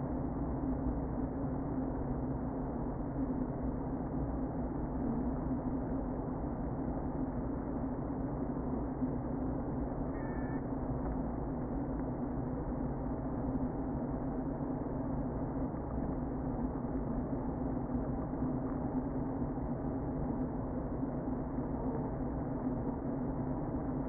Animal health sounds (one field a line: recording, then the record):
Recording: honeybee colony, microphone inside the hive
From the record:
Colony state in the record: queen present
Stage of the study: before two queens were removed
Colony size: about 60,000 bees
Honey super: yes